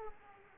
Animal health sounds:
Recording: mosquito wingbeat signal from an infrared sensor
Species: Aedes aegypti

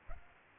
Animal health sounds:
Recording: mosquito wingbeat signal from an infrared sensor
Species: Aedes aegypti

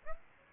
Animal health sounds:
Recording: mosquito wingbeat signal from an infrared sensor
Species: Aedes albopictus

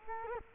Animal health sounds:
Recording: mosquito wingbeat signal from an infrared sensor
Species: Culex quinquefasciatus

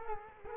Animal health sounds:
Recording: mosquito wingbeat signal from an infrared sensor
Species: Culex quinquefasciatus

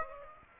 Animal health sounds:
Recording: mosquito wingbeat signal from an infrared sensor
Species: Aedes aegypti

